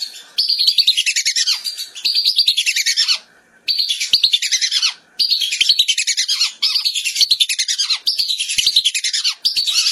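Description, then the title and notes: Whistling duck calls in near-continuous bursts of rapid, piping whistles, each run about a second long with short breaks. "Kicau Burung Belibis"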